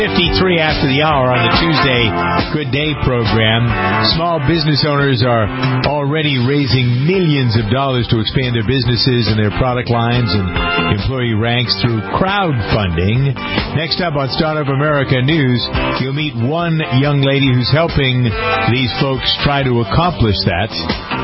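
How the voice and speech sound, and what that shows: A man announces a radio program in a smooth, fluent, mid-pitched voice at a brisk broadcast pace, possibly over a soft music bed. Articulation is crisp, with no repeats, blocks or slurring. This is ordinary, typical speech.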